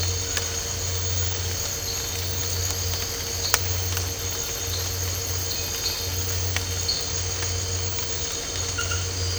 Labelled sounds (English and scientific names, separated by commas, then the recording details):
none
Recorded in dense forest near Puerto Asís, Putumayo, Colombia, on 8 March 2025 at 03:30
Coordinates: 0.468, -76.322
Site GP01